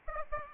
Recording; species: mosquito wingbeat signal from an infrared sensor; Aedes aegypti